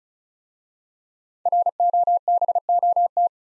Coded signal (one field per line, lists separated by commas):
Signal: Morse code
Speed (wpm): 36 wpm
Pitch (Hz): 700 Hz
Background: none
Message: ROBOT